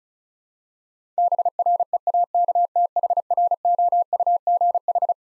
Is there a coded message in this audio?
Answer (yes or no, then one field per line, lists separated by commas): yes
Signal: Morse code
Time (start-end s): 1.2-5.1 s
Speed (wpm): 36 wpm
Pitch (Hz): 700 Hz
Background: none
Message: BREAKTHROUGH